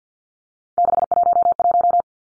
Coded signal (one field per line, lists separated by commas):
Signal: Morse code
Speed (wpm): 52 wpm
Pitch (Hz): 700 Hz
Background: none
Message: 611